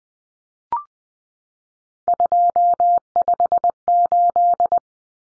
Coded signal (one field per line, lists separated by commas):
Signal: Morse code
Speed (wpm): 20 wpm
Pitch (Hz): 700 Hz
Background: none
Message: 258